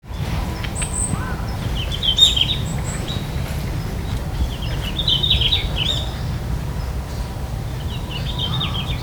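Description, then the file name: Red-flanked bluetail song: three brief jumbled warbling phrases a few seconds apart, with high thin whistles from other birds and constant low background rumble. "ruribitaki"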